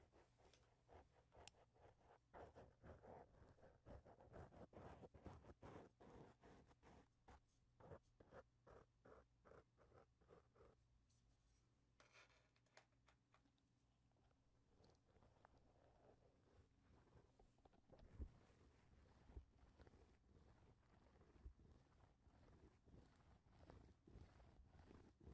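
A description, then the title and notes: Mic touching: a dense run of rubbing, scraping and tapping handling noises, busiest in the first ten seconds with quick repeated knocks. A low steady hum sits underneath, the middle stretch is quieter, then rougher scraping returns with a sharp bump near eighteen seconds. Mic touching. Sounds like: corduroys after wash day, getting your jeans drawn on in high school, grooming a Wookiee.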